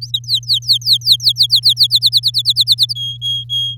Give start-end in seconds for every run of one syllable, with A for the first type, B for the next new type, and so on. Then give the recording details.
0.01-1.87 A, 1.90-2.93 B, 2.95-3.76 C. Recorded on 8 May 2018 at 05:48. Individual llb16